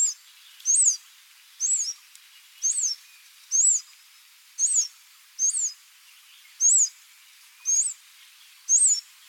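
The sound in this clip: Blue-throated sunbird giving a series of high, sharp looping squeaks, roughly one per second with slightly uneven spacing, against soft background hiss.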